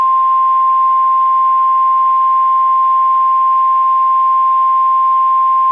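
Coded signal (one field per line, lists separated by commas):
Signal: Emergency Alert System (SAME) tones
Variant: 1050 Hz attention tone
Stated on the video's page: Compilation of real weather EAS alerts received by radio during a storm event.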